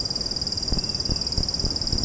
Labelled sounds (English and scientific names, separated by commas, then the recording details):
none
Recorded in secondary vegetation near Puerto Asís, Putumayo, Colombia, on 13 March 2025 at 08:30
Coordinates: 0.481, -76.318
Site G097